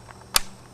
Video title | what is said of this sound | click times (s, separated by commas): Airsoft Reports Quality Review- WELL L96 Sniper Rifle | You need to hear the positive click. | 0.4 s